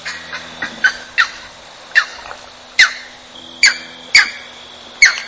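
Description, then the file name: Bird giving sharp, slightly downslurred call notes at irregular intervals, about ten in five seconds, over a low steady background hum. Continuous cry of a graceful bird. "neprerivnij krik gracioznoj ptici"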